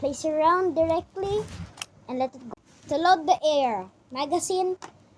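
Someone talks while a loaded box magazine is being pushed straight up toward the magazine well of an AR-15 rifle. Nothing has seated or clicked yet.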